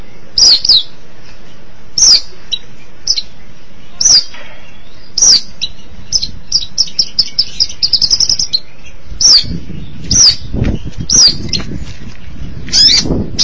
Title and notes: Suara burung pentet